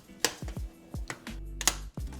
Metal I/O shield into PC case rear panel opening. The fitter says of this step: there you go snapped right in and then lower the motherboard in there